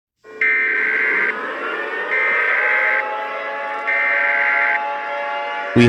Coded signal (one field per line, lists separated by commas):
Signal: Emergency Alert System (SAME) tones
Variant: header bursts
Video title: EAS SCENARIO 22: Wenda's Revenge 2